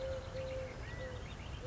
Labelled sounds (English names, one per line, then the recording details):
Eurasian Collared Dove
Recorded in Sonoma County, California